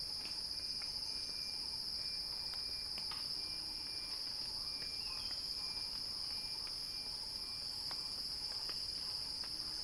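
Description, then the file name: Cicada song, a relentless high buzz at even pitch, over soft rapid ticking and a faint thin whistle. Cicada song building in a crescendo. "earth-fm Axel-Drioli Cicada-Crescendo-Sounding-Wild"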